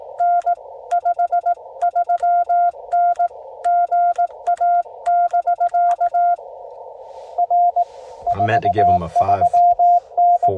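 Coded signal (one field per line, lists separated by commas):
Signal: Morse code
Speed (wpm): 18 wpm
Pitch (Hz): 700 Hz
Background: speech, radio noise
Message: N 53N GA <BK> R 43N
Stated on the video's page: QRP CW Parks on the Air activation using a Yaesu FT-891 at 5 watts, ATAS-120A antenna on a Jeep, keyed with 3D printed paddles.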